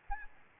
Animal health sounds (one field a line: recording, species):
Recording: mosquito wingbeat signal from an infrared sensor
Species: Anopheles arabiensis